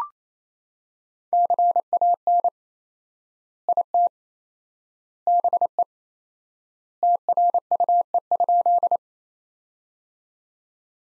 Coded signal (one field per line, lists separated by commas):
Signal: Morse code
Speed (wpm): 27 wpm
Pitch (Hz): 700 Hz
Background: none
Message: CAN IT BE TRUE?